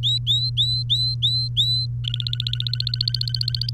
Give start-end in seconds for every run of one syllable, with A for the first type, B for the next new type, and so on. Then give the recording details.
0.03-1.86 A, 2.04-3.70 B. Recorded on 3 May 2018 at 11:10. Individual llb3